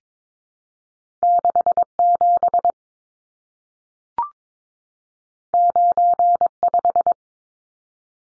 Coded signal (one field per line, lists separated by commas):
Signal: Morse code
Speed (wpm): 22 wpm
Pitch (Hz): 700 Hz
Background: none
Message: 67 95